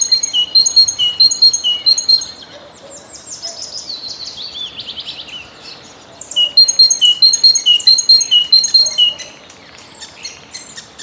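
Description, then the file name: Great tit singing crisp, rhythmic repeated phrases in two bursts, with other bird sounds between them. "Bogatka"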